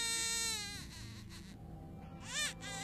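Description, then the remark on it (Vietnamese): A child cries in wavering, high-pitched, piercing wails, one long strained cry trailing off, then a brief pause before another sharp rising wail breaks out. “Bảo loáng thoáng nghe có tiếng trẻ con khóc cứ văng vẳng đâu đây”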